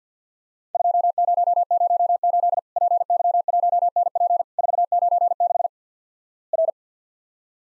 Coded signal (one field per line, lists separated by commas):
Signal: Morse code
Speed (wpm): 50 wpm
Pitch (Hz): 700 Hz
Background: none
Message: 2008 PY1NP 496 R